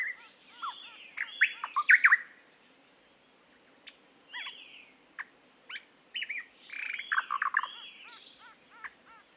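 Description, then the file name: Eastern nicator song of loud, slurred whistles and abrupt chucks in bursts, with quieter notes between phrases. "British Library - Eastern Nicator Nicator gularis"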